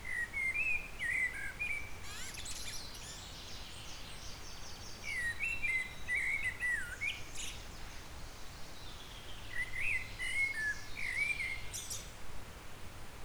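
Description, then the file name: Eurasian blackbird song: three separate mellow warbled phrases spaced a few seconds apart, each followed by high thin twittering. "Turdus merula"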